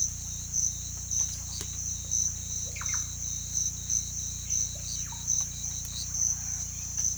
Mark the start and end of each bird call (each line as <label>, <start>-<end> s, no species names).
bird call, 2.68-3.00 s
bird call, 4.86-5.26 s